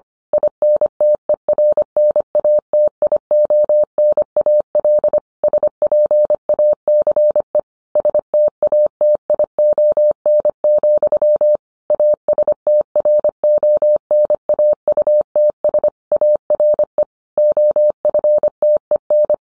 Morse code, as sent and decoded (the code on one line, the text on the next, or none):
.. -. - . .-. -. .- - .. --- -. .- .-.. / ... .--. .- -.-. . / ... - .- - .. --- -. --..-- / .- ... - .-. --- -. .- ..- - ... / .- .-. . / --- ..-. - . -.
INTERNATIONAL SPACE STATION, ASTRONAUTS ARE OFTEN